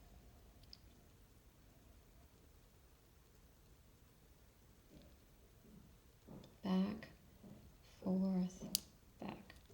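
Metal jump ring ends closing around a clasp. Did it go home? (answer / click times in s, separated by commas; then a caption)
yes / 9.3 s. A metal jump ring looped onto a clasp is twisted back and forth with pliers until its ends meet, while someone talks. A small sharp click at 9.3 s marks the jump ring ends snapping together, closing the ring around the clasp.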